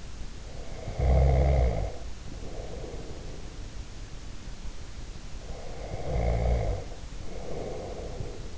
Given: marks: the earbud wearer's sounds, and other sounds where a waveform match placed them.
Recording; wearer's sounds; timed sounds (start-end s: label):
sounds in sleep by an in-ear microphone; snoring breath
0.39-3.34 s: snoring breath
5.32-8.58 s: snoring breath